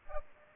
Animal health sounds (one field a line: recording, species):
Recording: mosquito wingbeat signal from an infrared sensor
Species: Aedes aegypti